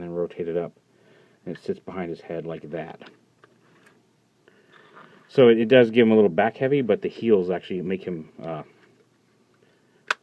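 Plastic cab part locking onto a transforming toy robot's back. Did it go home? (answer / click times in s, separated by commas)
yes / 10.1 s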